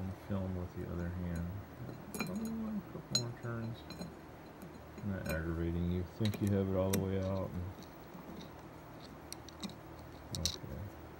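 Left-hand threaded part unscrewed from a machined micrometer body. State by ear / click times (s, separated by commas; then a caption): released / 10.5 s. A left-hand threaded steel part on a machined micrometer body for a tool grinder is unscrewed by hand while someone talks, with faint ticks of the thread turning. After several turns the thread disengages with a small, sharp click at 10.5 s, and the part comes free.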